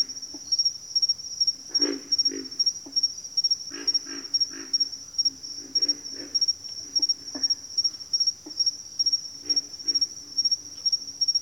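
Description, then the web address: Pig frog giving low hoarse grunts, repeated irregularly beneath a continuous pulsed insect song. "Sounds of Nature Collection. Pig Frogs"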